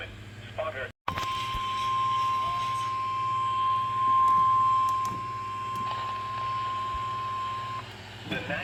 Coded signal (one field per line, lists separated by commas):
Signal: Emergency Alert System (SAME) tones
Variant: 1050 Hz attention tone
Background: speech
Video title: Dark n Stormy Night. | EAS Alerts from 9/21-22/24 | EAS#1,518-1,582